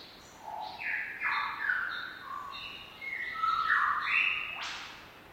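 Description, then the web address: Lyrebird squawks: coarse, buzzy notes stepping up and down in pitch, tumbling quickly one after another, ending with a sharp high rising blast. "lyrebirds squaking. lyrebirds squeaking"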